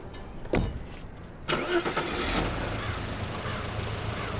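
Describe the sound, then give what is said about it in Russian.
A couple of sharp clunks, then a car engine catches with a burst and settles into a steady, fairly loud rumble as the car drives out of a yard. No one speaks. “Сережа сел за руль и выезжает со двора.”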